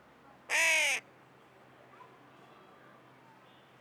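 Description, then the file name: Carrion crow uttering one loud, grating caw lasting about half a second, then near silence. "Corvus corone"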